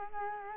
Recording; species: mosquito wingbeat signal from an infrared sensor; Culex quinquefasciatus